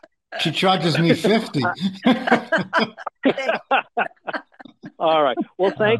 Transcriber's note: laughs